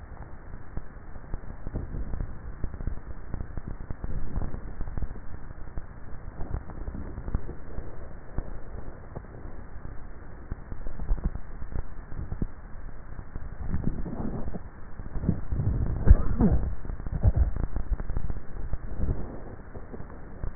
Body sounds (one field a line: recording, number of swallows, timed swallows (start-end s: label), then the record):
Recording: swallowing sounds by neck microphone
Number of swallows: 5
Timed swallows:
4.15-4.92 s: swallow
10.82-11.72 s: swallow
12.15-13.08 s: swallow
13.58-14.35 s: swallow
18.08-18.58 s: swallow
From the record:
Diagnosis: dysphagia